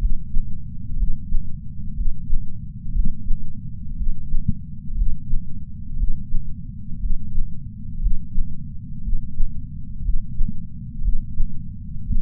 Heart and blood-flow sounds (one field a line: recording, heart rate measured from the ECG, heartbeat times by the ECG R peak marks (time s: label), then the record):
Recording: heart sounds by patch sensor on the chest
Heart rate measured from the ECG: 60 bpm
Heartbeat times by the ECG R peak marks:
0.96 s: heartbeat
1.93 s: heartbeat
2.92 s: heartbeat
3.95 s: heartbeat
4.94 s: heartbeat
5.96 s: heartbeat
6.98 s: heartbeat
7.99 s: heartbeat
9.00 s: heartbeat
10.01 s: heartbeat
11.01 s: heartbeat
12.03 s: heartbeat
From the record:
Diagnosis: coronary artery disease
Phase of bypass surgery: preoperative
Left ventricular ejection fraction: 49.5%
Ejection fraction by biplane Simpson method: 47.8%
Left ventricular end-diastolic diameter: 60 mm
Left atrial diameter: 43 mm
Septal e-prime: 5 cm/s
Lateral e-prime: 6.6 cm/s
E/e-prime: 10.3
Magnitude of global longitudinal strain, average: 15.5%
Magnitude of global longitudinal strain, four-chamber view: 15.2%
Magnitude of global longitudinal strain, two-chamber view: 16.5%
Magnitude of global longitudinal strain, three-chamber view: 14.7%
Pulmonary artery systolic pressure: 27 mmHg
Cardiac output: 5.6 L/min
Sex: male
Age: 57 years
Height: 175 cm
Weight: 71 kg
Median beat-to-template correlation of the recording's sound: 0.89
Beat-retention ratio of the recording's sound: 0.99